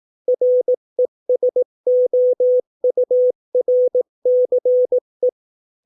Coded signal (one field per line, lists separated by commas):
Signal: Morse code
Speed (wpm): 18 wpm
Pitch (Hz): 500 Hz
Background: none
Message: RESOURCE